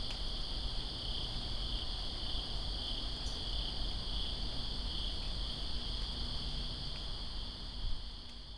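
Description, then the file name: Crickets trilling without pause at a high pitch while rain patters steadily underneath. Crickets recorded in Greensboro on September 2, 2017, during rain. "Greensboro Crickets And Rain September 02 2017"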